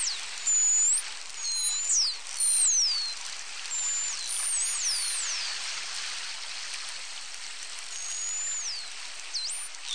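False killer whale whistles: many high, sweeping and looping tones, some rising, some falling, overlapping in quick succession over a steady hiss.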